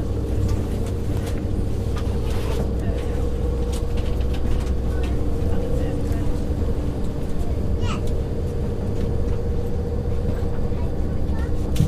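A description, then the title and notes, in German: A night train ride rumbles on with a steady low drone and hum, broken by occasional clicks, rattles and a brief rising squeal near eight seconds. Zugfahrt in der Nacht.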